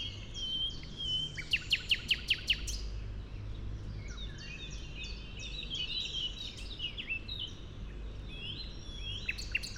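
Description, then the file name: Common nightingale song opening with soft whistles, then a rapid burst of loud clicking notes, then flowing phrases of varied whistles and chirps over a low background hum. "Luscinia megarhynchos"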